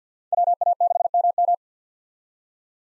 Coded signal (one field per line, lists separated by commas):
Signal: Morse code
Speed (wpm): 50 wpm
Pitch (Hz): 700 Hz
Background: none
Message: WA6MM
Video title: 2023 SOTA Chaser Call Signs - 50wpm